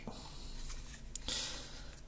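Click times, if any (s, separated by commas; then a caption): 1.2 s. Further pressing on the plastic body shell of a Dapol Class 142 N gauge model railcar squashes it onto its chassis, with soft handling sounds before a sharp, brief click at 1.2 s and a louder rustling burst just after. The body shell is fully clipped on and seated properly.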